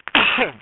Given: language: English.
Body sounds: throat vibration sensor signal played as sound; cough

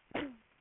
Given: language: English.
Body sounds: throat vibration sensor signal played as sound; cough

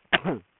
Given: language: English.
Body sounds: throat vibration sensor signal played as sound; cough

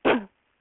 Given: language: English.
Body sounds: throat vibration sensor signal played as sound; cough

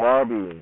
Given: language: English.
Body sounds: throat vibration sensor signal played as sound; speech

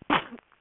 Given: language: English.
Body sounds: throat vibration sensor signal played as sound; cough

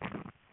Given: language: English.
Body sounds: throat vibration sensor signal played as sound; swallow

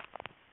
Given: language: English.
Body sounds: throat vibration sensor signal played as sound; swallow

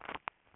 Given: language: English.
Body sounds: throat vibration sensor signal played as sound; swallow

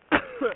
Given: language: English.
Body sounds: throat vibration sensor signal played as sound; cough

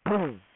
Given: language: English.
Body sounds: throat vibration sensor signal played as sound; throat clearing

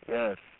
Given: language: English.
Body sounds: throat vibration sensor signal played as sound; speech

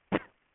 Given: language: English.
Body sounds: throat vibration sensor signal played as sound; cough

